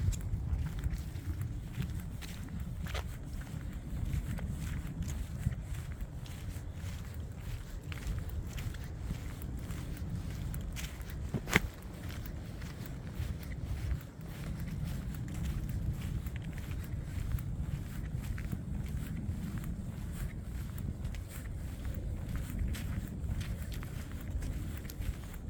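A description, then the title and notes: Outdoor ambience from a sunny morning hike in NJ, dominated by a steady low rumble and wind buffeting across the whole clip. Faint scattered ticks and crunches suggest footsteps, with a sharp click near 3 seconds and a louder snap around 11.5 seconds. A sunny morning hike in NJ.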